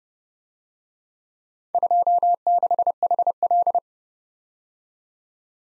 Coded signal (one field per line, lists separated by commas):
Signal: Morse code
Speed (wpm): 28 wpm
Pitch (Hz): 700 Hz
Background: none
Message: 26HL